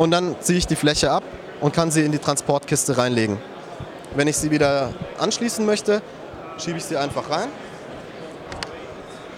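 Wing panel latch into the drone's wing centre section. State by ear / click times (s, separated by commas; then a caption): seated / 8.5 s, 8.6 s. A man talks while the detachable wing panel of a Trinity fixed-wing VTOL drone (Quantum-Systems, Multiplex Modellsport) is pushed back into the wing's centre section. Two sharp clicks at 8.5 s and 8.6 s mark the push-button latch locking again, and the panel is seated.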